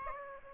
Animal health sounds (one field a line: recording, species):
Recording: mosquito wingbeat signal from an infrared sensor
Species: Aedes aegypti